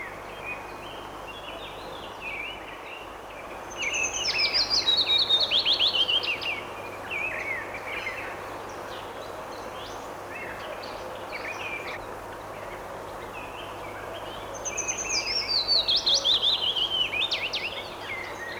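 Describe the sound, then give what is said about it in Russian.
A willow warbler sings two sweet, descending warbling phrases, each a few seconds long and separated by a long pause, over a steady bed of faint chirps and buzzing. “В лесу пеночку увидеть нелегко.”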